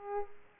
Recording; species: mosquito wingbeat signal from an infrared sensor; Aedes aegypti